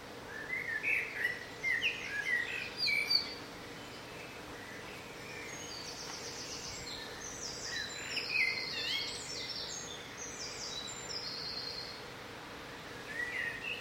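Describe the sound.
Bird song: whistled notes early, then rapid buzzy trills and chirps high above, over light background noise.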